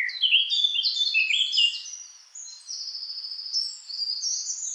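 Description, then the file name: Eurasian blackcap in a continuous, fast, jumbled warble of high twittering notes, with a brief dip midway before longer thin whistled phrases resume. "Sylvia atricapilla"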